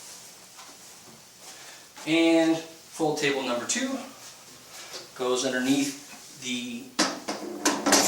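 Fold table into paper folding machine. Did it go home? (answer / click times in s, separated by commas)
yes / 7.7 s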